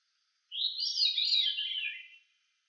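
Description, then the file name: Veery song, a single airy, swirling phrase spiralling downward in a smooth cascade. "John Neville - Veery Grive Fauve"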